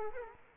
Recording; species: mosquito wingbeat signal from an infrared sensor; Culex quinquefasciatus